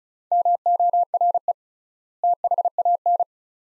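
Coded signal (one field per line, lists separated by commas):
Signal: Morse code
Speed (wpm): 34 wpm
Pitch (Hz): 700 Hz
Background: none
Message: MORE THAN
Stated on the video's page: Morse practice of two-word sets at 35 wpm with 3x word spacing, a Farnsworth-like method applied to words; each set is sent in Morse then spoken.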